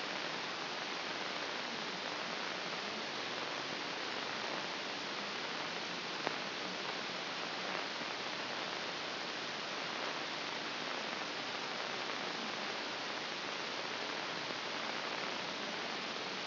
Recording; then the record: brain microelectrode recording played as sound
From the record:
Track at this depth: inside the subthalamic nucleus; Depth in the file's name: 2.534 mm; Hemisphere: left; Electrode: 2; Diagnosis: Parkinson's disease